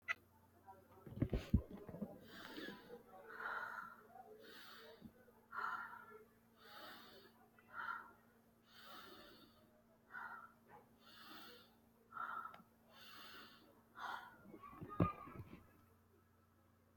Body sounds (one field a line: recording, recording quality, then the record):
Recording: deep breathing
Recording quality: excellent, no background noise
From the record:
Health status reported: healthy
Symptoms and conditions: fever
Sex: female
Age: 27 years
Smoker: not ticked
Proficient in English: yes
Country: India